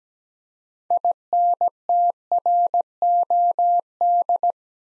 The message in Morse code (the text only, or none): INTROD